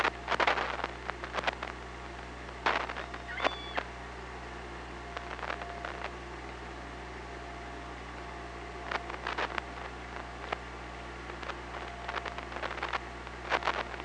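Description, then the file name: Killer whale clicks in bursts of rapid sharp pulses, with one short high tonal call partway through, over steady low underwater hum. Recorded on an OrcaLab hydrophone, 24 August 2017 at 18:40. "Orca Lab UTLN JASON 20170824 184012"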